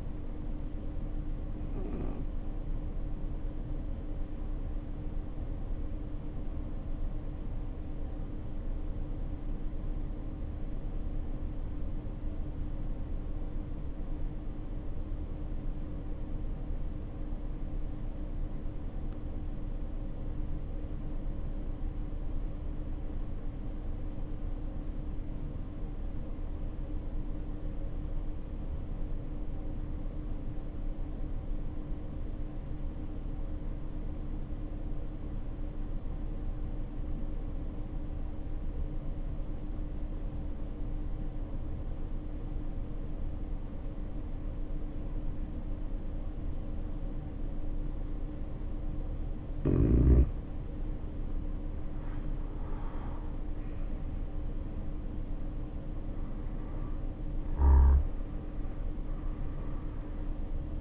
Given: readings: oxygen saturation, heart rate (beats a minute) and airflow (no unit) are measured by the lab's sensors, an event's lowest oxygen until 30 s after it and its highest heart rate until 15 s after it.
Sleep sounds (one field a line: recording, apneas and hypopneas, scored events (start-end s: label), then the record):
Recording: breathing in sleep by a smartphone at the bedside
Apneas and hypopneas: 1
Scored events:
4.00-47.80 s: obstructive apnea (N1, oxygen 94% highest, then 70% lowest, heart rate 53 at the start, 70 highest)
11.00-60.81 s: new sleep stage, REM sleep
From the record:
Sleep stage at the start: N1 (lightest sleep)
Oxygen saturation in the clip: 74 to 94%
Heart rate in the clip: 49 to 70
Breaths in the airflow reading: 4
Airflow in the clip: -5.9 to 7.9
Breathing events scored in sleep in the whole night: 520 in 7.2 hours asleep